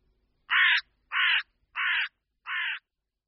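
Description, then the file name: Carrion crow caws: four hoarse calls in a row, the last one slightly softer than the others. "Vrána obecná"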